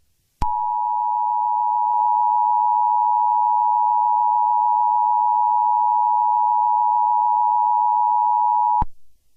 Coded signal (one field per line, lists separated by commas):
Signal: Emergency Alert System (SAME) tones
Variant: 853 and 960 Hz attention tone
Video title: EAS Scenario - Red Portal